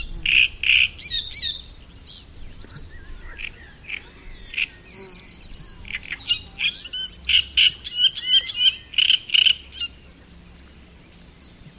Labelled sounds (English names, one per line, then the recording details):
Great Reed Warbler song
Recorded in the wild
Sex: male
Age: adult
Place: Erlangen (Neuweiher), Bayern, DE
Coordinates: 49.6056, 10.9581
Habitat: pond
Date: 1966-05-12
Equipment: Original, Vollspur, Parabolspiegel Grampian
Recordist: Tretzel, Erwin